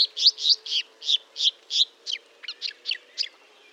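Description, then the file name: Marsh warbler song, a string of harsh buzzy notes repeated about four per second. Recorded at Fontaine-Française (Fourneau) on 1 June 2022 at 10:55, using Nagra and Telinga equipment. "Rousserolle verderolle 1055 Fontaine-Francaise-Fourneau"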